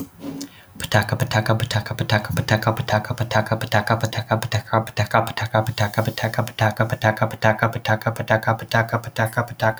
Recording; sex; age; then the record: repeated syllables /pa ta ka/; male; 30 to 39 years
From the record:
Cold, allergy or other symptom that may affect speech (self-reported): no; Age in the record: 31 years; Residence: Illinois, United States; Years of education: 16